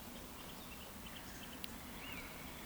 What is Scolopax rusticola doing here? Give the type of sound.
whistle